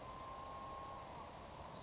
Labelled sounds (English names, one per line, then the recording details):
Savannah Sparrow
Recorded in Sonoma County, California